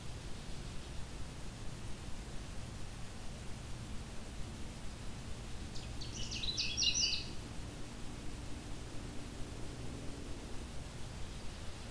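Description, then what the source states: Canada warbler song: one short, fainter burst of quick high notes near the middle, otherwise steady hiss and a low hum. On territory in late June, in a swamp with aspen, birch, cedars and low growing trees.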